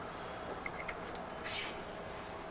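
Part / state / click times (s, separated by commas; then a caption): wiring harness connector onto fuel tank sender / not seated / none. A wiring harness electrical connector is handled at the fuel tank sender of an S&B 40-gallon replacement fuel tank on a 2020-2023 Winnebago Revel (2019+ chassis). Faint light ticks at about 0.7 s and 0.9 s and a brief soft rustle around 1.5 to 1.7 s sit over a steady hiss. The connector has not seated or clicked yet.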